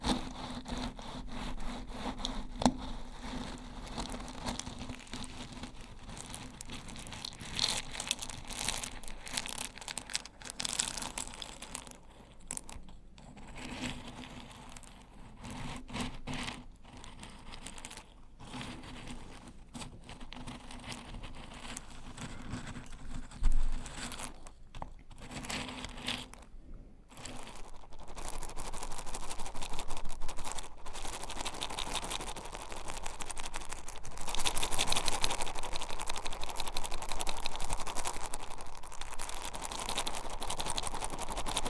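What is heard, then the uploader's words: Crunchy stirring, made of dense crackling and crinkling with a steady low hum underneath. Brief pauses break the texture around 12 and 26 seconds, and after about 30 seconds the stirring turns louder and fuller, staying busy to the end. Old-Time Riches Crunchy Stirring. NO TALKING.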